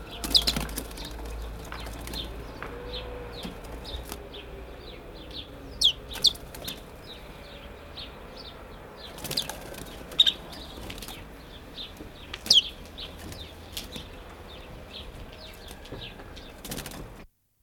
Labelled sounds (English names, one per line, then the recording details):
Snow Bunting call
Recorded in the wild
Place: Bergen, Insel Rügen, Mecklenburg-Vorpommern, DE
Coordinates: 54.415, 13.426
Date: 1973-01-07
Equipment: Nagra III BH, Sennheiser MD 21
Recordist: Schubert, Michael